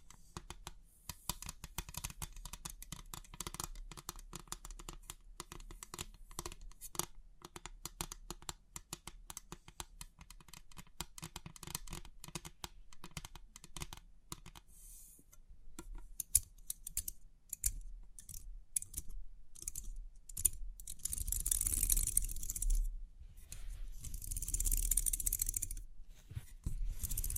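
Crisp 3D pin art tingles: dense, rapid clicking and tapping of many small pins runs steadily through the first half. After about fifteen seconds the taps thin into scattered bursts. Near twenty-one and twenty-five seconds come louder, hissing rushes of pins sliding.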